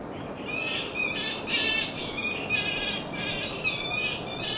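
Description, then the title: Flying foxes chattering continuously with shrill, scratchy squeaks and squawks, a busy overlapping din over a faint background rumble. Bat colony in mangroves just before dusk. "Carrington Mangroves. Bat colony just before dusk"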